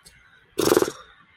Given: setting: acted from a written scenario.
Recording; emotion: vocal sound without words; contempt